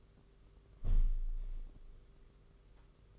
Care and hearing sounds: daily activity, microphone in the room; close window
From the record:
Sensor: 4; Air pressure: 991.2 hPa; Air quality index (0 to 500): 154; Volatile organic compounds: 106 ppm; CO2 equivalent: 3794 ppm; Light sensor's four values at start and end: 6/14/5/6 and 6/14/5/6

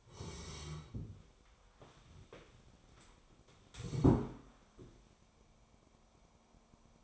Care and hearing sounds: daily activity, microphone in the room; sit down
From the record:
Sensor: 1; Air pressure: 1015.2 hPa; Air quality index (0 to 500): 196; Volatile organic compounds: 22 ppm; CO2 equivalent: 2742 ppm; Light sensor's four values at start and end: 12/28/12/13 and 12/29/12/13

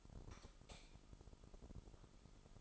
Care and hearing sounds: daily activity, microphone in the room; light off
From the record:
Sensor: 5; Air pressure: 988.5 hPa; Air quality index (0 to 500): 214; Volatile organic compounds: 109 ppm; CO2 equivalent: 3813 ppm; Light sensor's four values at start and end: 46/138/54/57 and 44/132/52/55

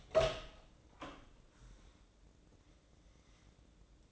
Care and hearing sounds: daily activity, microphone in the room; open door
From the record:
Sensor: 3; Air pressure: 1012.3 hPa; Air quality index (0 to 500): 180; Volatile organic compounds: 3 ppm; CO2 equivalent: 1375 ppm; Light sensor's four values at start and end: 640/1596/661/684 and 647/1614/669/693

